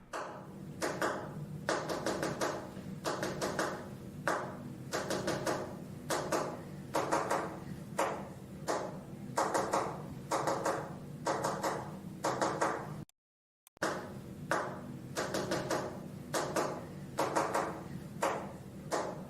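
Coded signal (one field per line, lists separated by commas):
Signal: tap code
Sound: sharp knocks in small groups with pauses between, over a low hum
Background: low background hum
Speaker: we'd send secret messages by typing out a code that we'd love from a book the knock code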